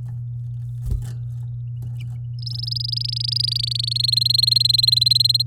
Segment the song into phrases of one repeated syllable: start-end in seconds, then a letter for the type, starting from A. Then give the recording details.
2.39-3.93 A, 3.95-5.42 B. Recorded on 9 May 2018 at 10:06. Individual llb16